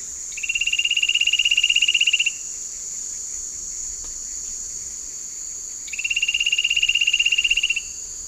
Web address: Natures Songs S America Eastern Lowlands Ramphocaenus melanurus, song